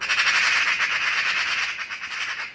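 Magpie giving a continuous harsh, rattling chatter, a rapid dry stuttering of noisy notes throughout.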